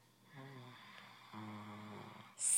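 Two low, buzzing snore breaths from a sleeping dog with an upper respiratory infection, louder than its usual snoring.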